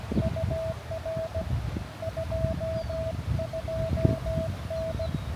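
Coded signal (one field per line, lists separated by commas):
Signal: Morse code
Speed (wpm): 17 wpm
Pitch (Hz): 650 Hz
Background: none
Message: UR 22N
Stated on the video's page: Morse signals during a park activation, made difficult by conditions.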